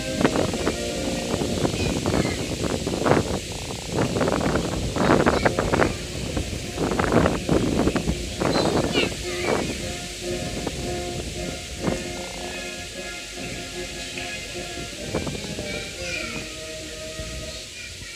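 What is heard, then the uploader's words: A brass band plays, its sustained notes holding steady beneath a busy patter of sharp clacks and knocks that crowd the first ten seconds, then thin out. Voices and wind rumble run underneath, and the whole scene grows gradually quieter toward the end. Edinburgh Festival Fanfare brass band arrives by Forth Canoe Club.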